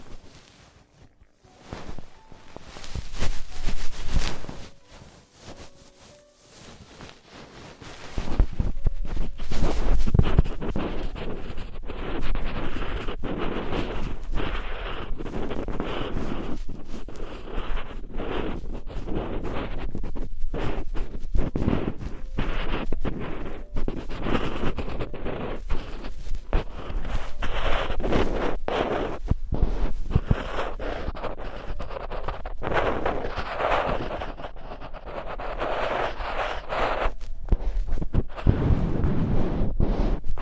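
Traditional Chinese ear cleaning and earwax removal, heard as dense scratching and rustling with quick crackles. After a quieter, uneven opening, it turns steady and loud from about eight seconds on, easing slightly around thirty-four seconds before picking up again.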